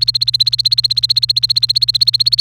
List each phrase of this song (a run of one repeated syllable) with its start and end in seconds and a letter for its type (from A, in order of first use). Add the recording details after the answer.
0.00-2.40 A. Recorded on 29 April 2018 at 12:45. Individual llb3